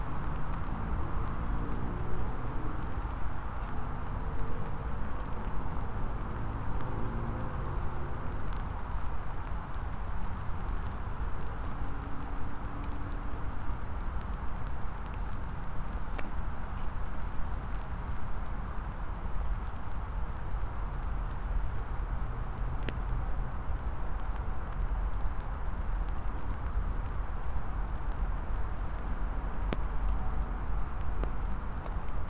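A continuous, dense wash of city noise, probably from a moving vehicle or transit, holds at a steady level throughout. Low rumbling dominates, with faint tonal hums drifting in the first fifteen seconds and brief sharp clicks or ticks near 16, 23 and 30 seconds.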